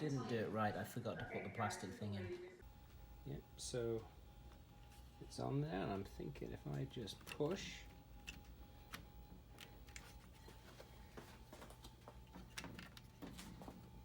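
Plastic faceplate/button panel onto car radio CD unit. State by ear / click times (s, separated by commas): seated / 8.3 s, 8.9 s, 9.6 s, 10.0 s, 12.6 s, 12.8 s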